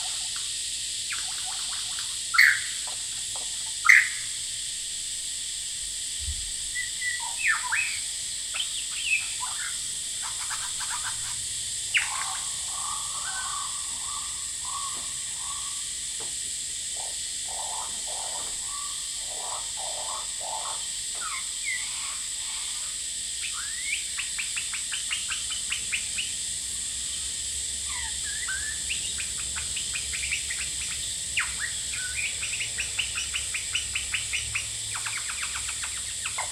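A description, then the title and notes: A male lyrebird calls almost without pause, pouring out a varied run of chirps, whistles and quick rising notes, with a few sharper, louder calls in the first seconds. Behind it, cicadas keep up a steady, bright, unbroken buzz. Lyrebird - Horsfield Bay NSW. Male lyrebird just going bonkers outside my window while I was trying to work today. The noise you are hearing is actually cicadas trying to get laid every bit as hard as the lyrebird is.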